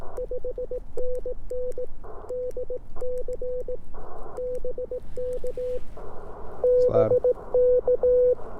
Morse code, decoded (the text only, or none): 5NN DC BK BK